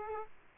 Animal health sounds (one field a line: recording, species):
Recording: mosquito wingbeat signal from an infrared sensor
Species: Aedes aegypti